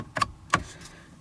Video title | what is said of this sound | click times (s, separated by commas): Auction 2017 Ford F350 Rebuild Part 16 | so I'm gonna put the switch in and it just snaps right in you can see the little plug on the back like | 0.5 s